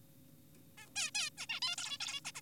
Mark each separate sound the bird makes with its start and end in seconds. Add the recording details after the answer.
0.78-0.86, 0.96-1.11, 1.15-1.30, 1.38-1.46, 1.50-1.60, 1.62-1.76, 1.78-1.98, 2.00-2.20, 2.25-2.32, 2.35-2.41. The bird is an adult. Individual g4p5U